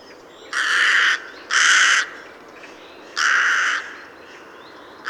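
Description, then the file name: Carrion crow giving harsh, broad caws, two in quick succession then a third after a pause, each about half a second long, with a fourth starting at the end. "Corvus corone"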